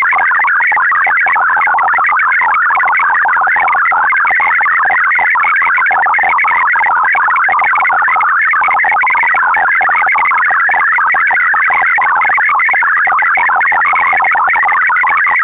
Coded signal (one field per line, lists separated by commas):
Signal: multi-tone FSK (Olivia or MFSK type)